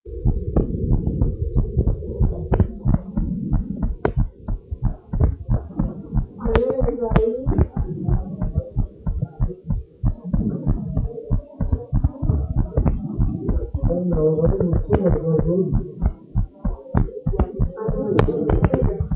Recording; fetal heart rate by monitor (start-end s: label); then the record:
heart sounds of a pregnant woman by stethoscope
no fetal heartbeat
From the record:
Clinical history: epilepsy, hypothyroidism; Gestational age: 37 weeks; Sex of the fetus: girl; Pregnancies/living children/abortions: 2/1/0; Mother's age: 27 years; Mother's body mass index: 31.6